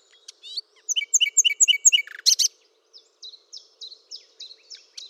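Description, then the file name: Common nightingale song: paired whistled notes repeated several times, a loud harsh burst, then a steady series of soft repeated notes. "Luscinia megarhynchos"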